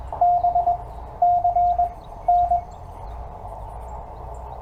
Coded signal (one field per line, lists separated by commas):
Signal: Morse code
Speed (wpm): 18 wpm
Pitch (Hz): 700 Hz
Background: none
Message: B C N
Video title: CW Copy Practice With W4EMB 7 July